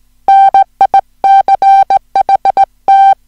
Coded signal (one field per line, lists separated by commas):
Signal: Morse code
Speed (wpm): 17 wpm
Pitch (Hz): 780 Hz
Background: music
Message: NICHT